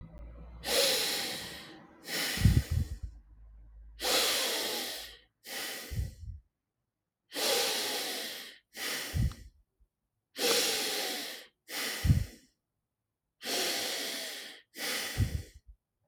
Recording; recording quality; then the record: deep breathing; excellent, no background noise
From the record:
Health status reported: exposed to COVID-19, no respiratory illness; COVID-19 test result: negative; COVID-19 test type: RT-PCR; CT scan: not taken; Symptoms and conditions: fatigue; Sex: male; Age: 43 years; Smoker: no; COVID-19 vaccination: both doses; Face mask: not worn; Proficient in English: yes